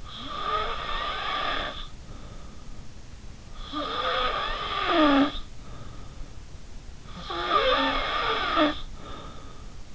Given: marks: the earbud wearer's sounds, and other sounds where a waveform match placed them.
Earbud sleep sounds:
sounds in sleep by an in-ear microphone; snoring breath
0.00-2.72 s: snoring breath
3.55-6.22 s: snoring breath
7.03-9.71 s: snoring breath

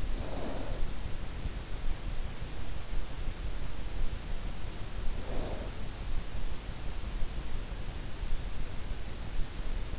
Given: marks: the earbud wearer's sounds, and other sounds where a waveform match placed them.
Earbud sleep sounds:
sounds in sleep by an in-ear microphone; snoring breath
0.00-0.79 s: snoring breath
4.85-5.71 s: snoring breath

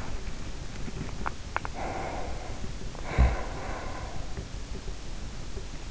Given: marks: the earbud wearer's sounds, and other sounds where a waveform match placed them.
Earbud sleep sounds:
sounds in sleep by an in-ear microphone; teeth grinding, breath
0.83-1.76 s: teeth grinding
1.76-4.72 s: breath

